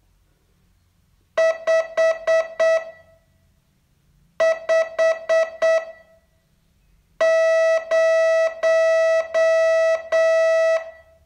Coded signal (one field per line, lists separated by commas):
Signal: Morse code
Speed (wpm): 8 wpm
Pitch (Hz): 650 Hz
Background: none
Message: 550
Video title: Learn Morse in 42 Days from VU2LAU - day 31 test